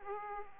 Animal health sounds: mosquito wingbeat signal from an infrared sensor; Aedes aegypti

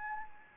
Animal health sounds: mosquito wingbeat signal from an infrared sensor; Anopheles gambiae

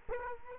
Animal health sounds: mosquito wingbeat signal from an infrared sensor; Culex quinquefasciatus

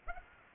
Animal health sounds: mosquito wingbeat signal from an infrared sensor; Aedes aegypti

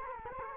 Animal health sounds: mosquito wingbeat signal from an infrared sensor; Culex quinquefasciatus

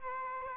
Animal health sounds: mosquito wingbeat signal from an infrared sensor; Aedes aegypti

